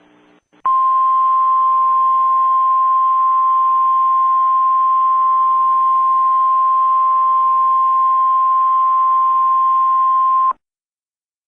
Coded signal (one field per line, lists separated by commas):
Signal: Emergency Alert System (SAME) tones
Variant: 1050 Hz attention tone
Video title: Retro Halloween Emergency Alert Event